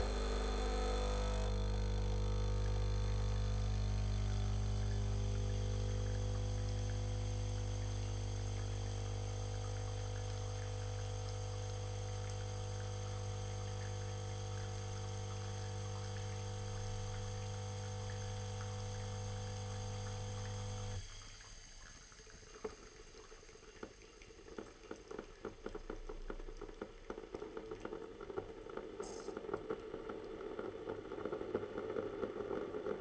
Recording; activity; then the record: daily activity, microphone in the room; make coffee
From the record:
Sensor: 4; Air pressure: 1002.9 hPa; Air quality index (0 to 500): 247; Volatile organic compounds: 20 ppm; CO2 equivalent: 2686 ppm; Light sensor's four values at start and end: 4/10/4/4 and 4/10/3/4